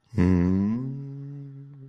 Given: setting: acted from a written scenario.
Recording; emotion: vocal sound without words; serenity